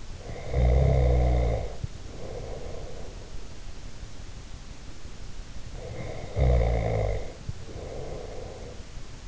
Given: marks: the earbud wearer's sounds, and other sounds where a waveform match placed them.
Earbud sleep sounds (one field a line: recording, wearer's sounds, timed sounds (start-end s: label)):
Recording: sounds in sleep by an in-ear microphone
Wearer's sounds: snoring breath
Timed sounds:
0.14-3.36 s: snoring breath
5.76-8.81 s: snoring breath